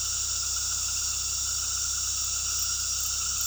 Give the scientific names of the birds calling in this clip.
none